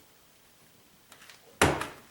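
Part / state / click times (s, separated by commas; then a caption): exterior door handle piece into door handle carrier / seated / 1.6 s. During removal and refit of a GLC43 AMG exterior door handle for a chrome delete, the handle piece is pushed back into the door handle carrier after a couple of light taps around 1.1 and 1.3 seconds. A loud, sharp click at 1.6 seconds, with a smaller rebound at 1.8 seconds, marks the piece seating in place.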